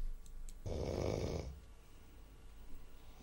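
One loud, rough, low rattling snore from an adult, lasting under a second, then quiet breathing and room noise. Recorded at home by the snorer's partner and sent by WhatsApp.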